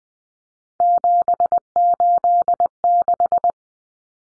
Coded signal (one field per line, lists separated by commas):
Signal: Morse code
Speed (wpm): 20 wpm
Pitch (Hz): 700 Hz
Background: none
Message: 786